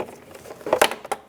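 An old plastic mirror cap is pried off the side mirror housing of a 2007-2014 Chevrolet Silverado 2500HD. A few faint creaks and ticks lead into a sharp snap at 0.8 s as the tabs let go, followed by a smaller click near 1.1 s. The cap pops free and is released from the housing.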